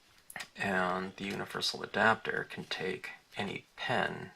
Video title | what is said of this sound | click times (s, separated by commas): Stampscapes 101: Video 53. You're a Doll (Solar Flare). | This thing pops right in there, | 0.3 s, 0.4 s